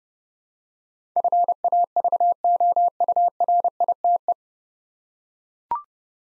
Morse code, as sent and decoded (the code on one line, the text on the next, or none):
..-. .- ...- --- ..- .-. .. - .
FAVOURITE